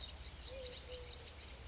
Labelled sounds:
Eurasian Collared Dove
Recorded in Sonoma County, California

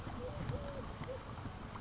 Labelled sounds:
Eurasian Collared Dove
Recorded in Sonoma County, California

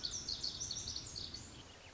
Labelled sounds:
Lazuli Bunting
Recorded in Sonoma County, California

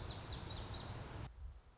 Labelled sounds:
Lazuli Bunting
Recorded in Sonoma County, California

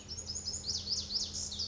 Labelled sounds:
Lazuli Bunting
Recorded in Sonoma County, California

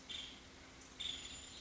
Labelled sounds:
Nuttall's Woodpecker
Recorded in Sonoma County, California

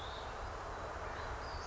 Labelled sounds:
Western Flycatcher
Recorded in Sonoma County, California

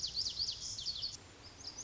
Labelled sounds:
Lazuli Bunting
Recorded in Sonoma County, California

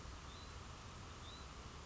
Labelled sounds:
Hutton's Vireo
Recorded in Sonoma County, California

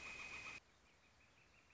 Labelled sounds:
Northern Flicker
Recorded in Sonoma County, California

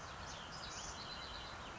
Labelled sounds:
House Wren
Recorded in Sonoma County, California

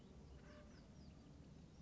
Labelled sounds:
Acorn Woodpecker
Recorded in Sonoma County, California

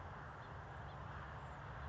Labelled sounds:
House Finch
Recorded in Sonoma County, California

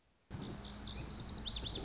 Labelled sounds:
Lazuli Bunting
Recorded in Sonoma County, California

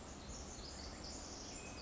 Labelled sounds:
Pacific Wren
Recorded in Sonoma County, California

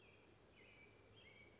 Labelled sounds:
American Robin
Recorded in Sonoma County, California

